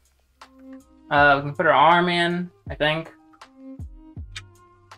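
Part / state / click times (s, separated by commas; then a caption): statue arm into magnetic shoulder socket of figure / seated / 4.4 s. A detachable arm is fitted into the magnetic shoulder socket of a large resin/PVC figure statue while someone talks. After light handling taps, the magnet pulls the arm in and it snaps into place with a sharp click at 4.4 s, leaving it seated.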